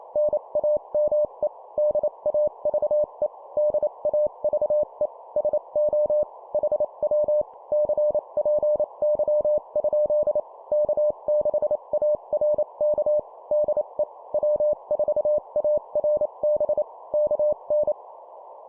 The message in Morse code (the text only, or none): NAME DAVE DAVE SO HW CPY? K6ARK DE W4ARB KN